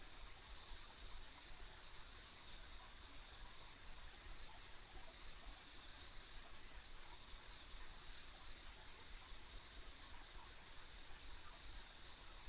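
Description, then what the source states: Insects trilling in a steady high chorus with faint ticking flecks, over a continuous low rumble and soft rushing noise. Ambient insect sounds on a country road.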